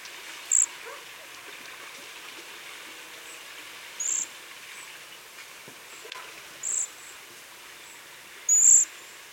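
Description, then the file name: Cedar waxwing giving thin, very high-pitched hissing notes, four short separate calls at irregular intervals over a faint steady background hiss. "Bombycilla cedrorum - Cedar Waxwing"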